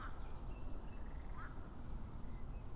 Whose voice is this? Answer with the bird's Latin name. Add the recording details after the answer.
Parus major. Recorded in Germany. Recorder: ecoPi